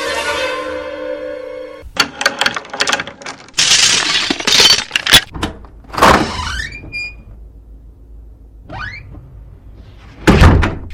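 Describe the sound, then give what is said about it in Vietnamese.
Metallic jingling and scraping as a key slides into a lock, followed by clunks and a creaking squeak as a door swings open, then a final heavier thud. “Ngoài cửa có tiếng chìa khóa cho vào ổ, rồi mở cửa.”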